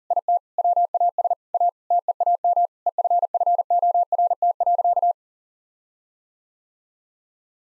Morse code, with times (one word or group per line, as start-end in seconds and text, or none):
0.1-0.4 IT
0.6-1.3 WAS
1.5-1.7 A
1.9-2.7 TEAM
2.9-5.1 EFFORT.